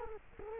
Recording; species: mosquito wingbeat signal from an infrared sensor; Culex quinquefasciatus